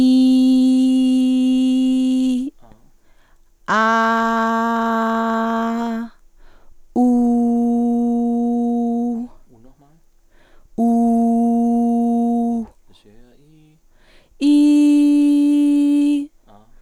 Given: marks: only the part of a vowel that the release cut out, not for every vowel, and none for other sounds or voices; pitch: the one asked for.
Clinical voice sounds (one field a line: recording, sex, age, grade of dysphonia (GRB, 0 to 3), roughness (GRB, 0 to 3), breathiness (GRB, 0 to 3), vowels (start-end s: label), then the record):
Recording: sustained vowels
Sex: female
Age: 20 to 29 years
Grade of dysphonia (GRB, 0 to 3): 0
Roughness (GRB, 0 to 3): 0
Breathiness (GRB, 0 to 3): 0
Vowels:
0.00-1.94 s: vowel /i/, normal pitch
4.11-5.95 s: vowel /a/, normal pitch
10.88-12.53 s: vowel /u/, normal pitch
14.62-16.13 s: vowel /i/, high pitch
From the record:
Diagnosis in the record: healthy voice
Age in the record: 26 years